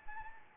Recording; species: mosquito wingbeat signal from an infrared sensor; Anopheles arabiensis